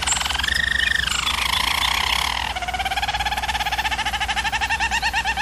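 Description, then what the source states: Canary song starting with held whistled notes, then switching to a rhythmic bubbling roll of rapid repeated pulses that continues to the end. German Roller breed canary singing.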